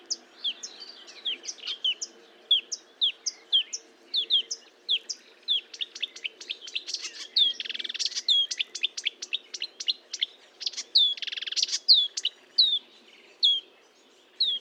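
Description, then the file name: Marsh warbler song: whistled notes repeated at intervals, then a denser stretch of buzzy trills and rapid chatter, before the spaced notes return. Recorded at Fontaine-Française (Fourneau), France, on 1 June 2022 at 10:55, with a Nagra recorder and Telinga microphone. "Rousserolle verderolle 1055 Fontaine-Francaise-Fourneau"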